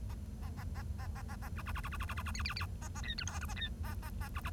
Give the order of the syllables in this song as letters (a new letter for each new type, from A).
A A A A A A A A B B B B B B B B B C C C A A D E F G A D A A A B B